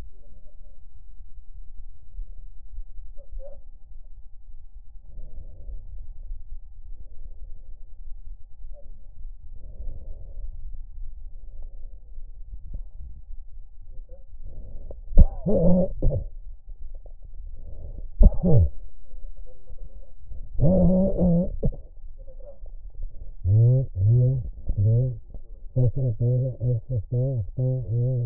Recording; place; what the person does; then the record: lung sounds by stethoscope; left anterior apical chest; quiet breathing, then cough and speech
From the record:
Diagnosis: pulmonary infection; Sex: male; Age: 54 years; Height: 187 cm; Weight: 95 kg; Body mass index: 27.2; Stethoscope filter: extended mode